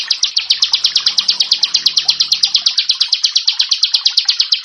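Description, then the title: Prinia singing a fast, unbroken string of sharp, high chirped notes. "Ciblek Sawah"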